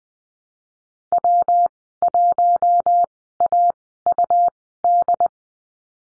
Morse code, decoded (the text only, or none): W1AUD